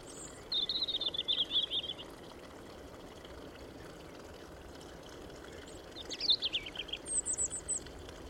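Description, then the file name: European robin, softer, gives a high thin trilled phrase, then after a pause a short tumbling flourish, with steady rushing noise below. "Erithacus rubecula"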